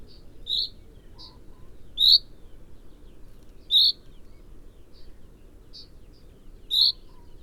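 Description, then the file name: Common chaffinch with short, sharp call notes at uneven intervals, several loud and a few softer ones, against a quiet low-pitched background noise. "Fringilla coelebs"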